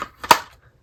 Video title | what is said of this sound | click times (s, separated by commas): Lego Star Wars Coruscant Police Gunship Throwback Review | and then it locks in place, | 0.3 s